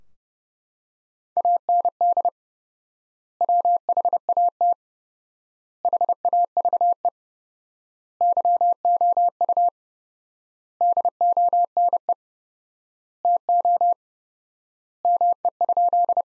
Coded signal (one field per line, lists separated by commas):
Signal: Morse code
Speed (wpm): 32 wpm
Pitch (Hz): 700 Hz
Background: none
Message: AND WHAT HAVE YOU DONE TO ME?